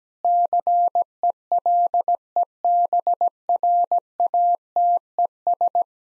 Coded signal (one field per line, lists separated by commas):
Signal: Morse code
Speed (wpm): 17 wpm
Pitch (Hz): 700 Hz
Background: none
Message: CELEBRATES